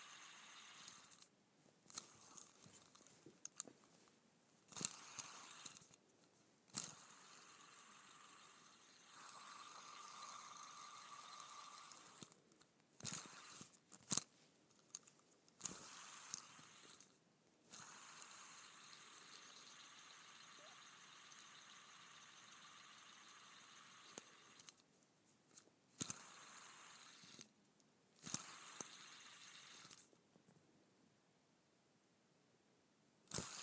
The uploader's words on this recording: ASMR Spinning a Fidget Spinner.